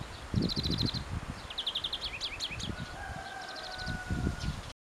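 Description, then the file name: European greenfinch uttering repeated quick trilled bursts and twittering notes, while two long steady whistled tones sound behind, plus rustling and low thumps. "Chloris chloris"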